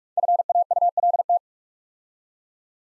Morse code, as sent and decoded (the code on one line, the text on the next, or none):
..-. .- ..- .-.. -
FAULT